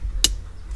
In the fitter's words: yellow until they click